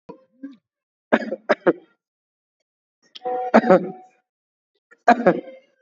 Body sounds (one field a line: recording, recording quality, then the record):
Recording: shallow voluntary cough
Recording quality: excellent, no background noise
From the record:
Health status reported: COVID-19 positive, mild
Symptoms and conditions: sore throat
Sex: male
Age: 28 years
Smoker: not ticked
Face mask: not worn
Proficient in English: yes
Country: India